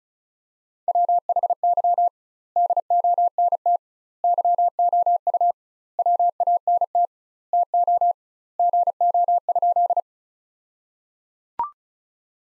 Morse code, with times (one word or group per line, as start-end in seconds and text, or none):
0.9-2.1 WHY
2.6-3.8 DONT
4.2-5.5 YOU
6.0-7.1 WANT
7.5-8.1 TO
8.6-10.0 GO?